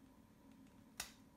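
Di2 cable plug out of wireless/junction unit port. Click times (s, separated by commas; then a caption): 1.0 s. A Shimano Dura-Ace 9150 Di2 cable plug is pulled out of the port of an EW-WU101/111 wireless or junction unit. After a low steady background, a single short, sharp pop sounds at 1.0 s as the plug releases from the port.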